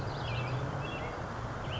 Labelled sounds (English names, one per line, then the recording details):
American Robin
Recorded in Sonoma County, California